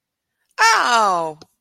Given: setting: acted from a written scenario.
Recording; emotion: vocal sound without words; disgust